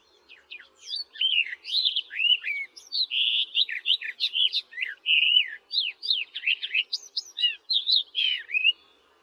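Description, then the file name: Barred warbler singing a long rapid warble, jumbled scratchy and clear whistled notes tumbling together with brief gaps. "barredw nisoria"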